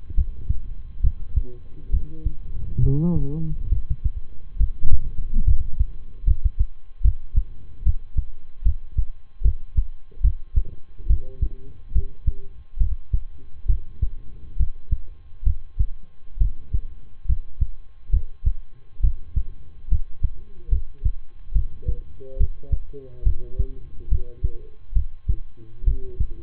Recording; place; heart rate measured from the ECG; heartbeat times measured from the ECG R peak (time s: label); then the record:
heart sounds by stethoscope; between the tricuspid and mitral areas; 70 bpm
0.14 s: heartbeat
1.00 s: heartbeat
1.90 s: heartbeat
2.79 s: heartbeat
3.68 s: heartbeat
4.56 s: heartbeat
5.44 s: heartbeat
6.24 s: heartbeat
7.01 s: heartbeat
7.82 s: heartbeat
8.62 s: heartbeat
9.41 s: heartbeat
10.21 s: heartbeat
11.06 s: heartbeat
11.92 s: heartbeat
12.77 s: heartbeat
13.66 s: heartbeat
14.56 s: heartbeat
15.43 s: heartbeat
16.37 s: heartbeat
17.25 s: heartbeat
18.10 s: heartbeat
19.00 s: heartbeat
19.88 s: heartbeat
20.68 s: heartbeat
21.52 s: heartbeat
22.36 s: heartbeat
23.23 s: heartbeat
24.08 s: heartbeat
24.92 s: heartbeat
25.84 s: heartbeat
From the record:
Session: rest, lying down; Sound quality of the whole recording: good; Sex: male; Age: 23 years